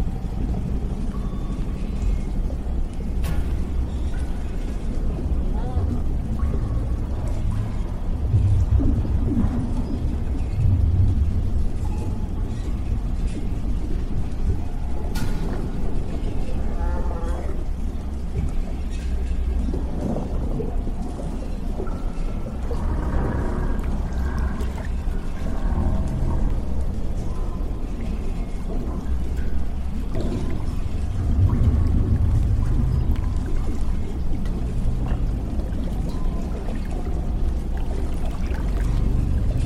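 Sci-fi ambience of a damaged underwater lab: a thick, steady low rumble fills the whole stretch, with a watery, churning texture. Faint groaning, creaking tones drift in now and then, around ten, twenty and thirty seconds, and a couple of sharp ticks cut through early on.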